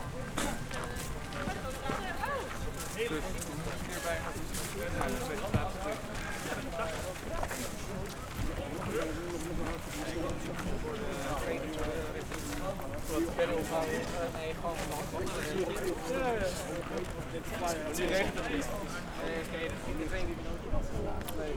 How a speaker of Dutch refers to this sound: ja, dus we lopen nu in het bos bij Hoevenstein.